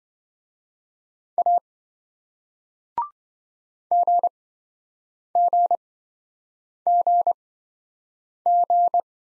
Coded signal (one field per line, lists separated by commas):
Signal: Morse code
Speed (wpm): 26 wpm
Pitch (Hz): 700 Hz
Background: none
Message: A GGGG